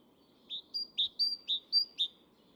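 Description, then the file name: Great tit giving a short run of about seven sharp, high two-part notes in quick even succession, with a low hum behind. "Parus major"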